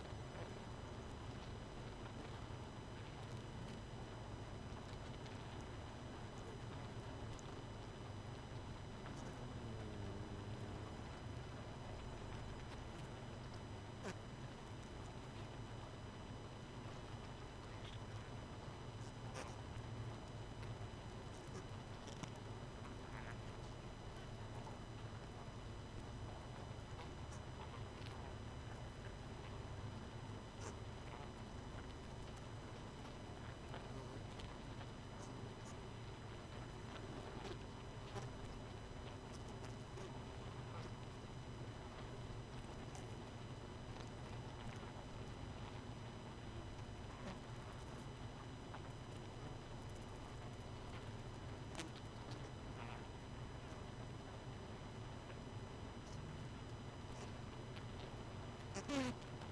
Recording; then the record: honeybee colony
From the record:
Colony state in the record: missing queen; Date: 31 May 2018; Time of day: 23:57